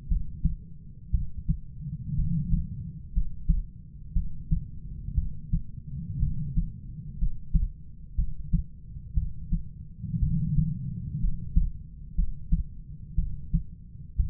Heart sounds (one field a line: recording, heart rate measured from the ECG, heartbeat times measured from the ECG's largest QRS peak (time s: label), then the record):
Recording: heart sounds by stethoscope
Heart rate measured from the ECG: 60 bpm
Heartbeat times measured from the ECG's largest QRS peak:
0.08 s: heartbeat
1.11 s: heartbeat
2.15 s: heartbeat
3.13 s: heartbeat
4.13 s: heartbeat
5.14 s: heartbeat
6.19 s: heartbeat
7.18 s: heartbeat
8.15 s: heartbeat
9.14 s: heartbeat
10.19 s: heartbeat
11.20 s: heartbeat
12.15 s: heartbeat
13.15 s: heartbeat
14.16 s: heartbeat
From the record:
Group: healthy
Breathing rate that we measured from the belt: 14 breaths a minute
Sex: female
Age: 37 years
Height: 168 cm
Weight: 70 kg